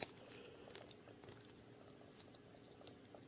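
The top housing of a lighted doorbell push button is handled and turned on its base after a new bulb has gone into its holder. Quiet plastic rubbing and faint crackly handling noise are heard, with a sharp tick at the very start and small ticks near 0.8 and 2.2 seconds. Nothing has seated or clicked yet; the housing is not yet home.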